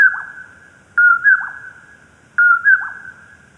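Common poorwill calling, a clear whistled two-part phrase with a short dropping third note, repeated about every one and a half seconds, two full phrases after the tail of another, over quiet background.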